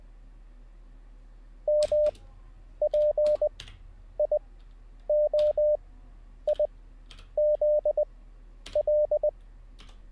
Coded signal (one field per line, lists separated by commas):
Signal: Morse code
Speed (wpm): 20 wpm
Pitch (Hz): 600 Hz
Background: none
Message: MPIOIZL